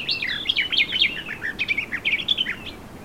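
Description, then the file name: Eurasian blackcap song: a rapid, varied warble of high whistled and chattering notes, rising and falling quickly, with a few clearer fluty notes near the end. "Sylvia atricapilla"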